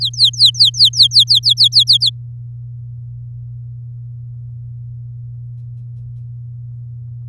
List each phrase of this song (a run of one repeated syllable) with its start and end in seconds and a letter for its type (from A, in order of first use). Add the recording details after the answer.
0.00-1.98 A, 2.00-2.10 B. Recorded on 8 May 2018 at 14:58. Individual llb16